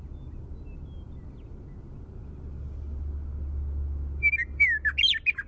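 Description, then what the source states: Western meadowlark song bursts in near the end, a quick run of fluty whistles and gurgling slurs, after several seconds of steady low traffic-like rumble. Primary song.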